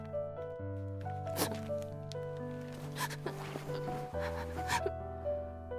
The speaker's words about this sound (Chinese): 等钟表的指针指向凌晨两点，归晓倒还想起有作业没做，打开书包，一沓沓课本，角落里塞着个文件夹和盒子。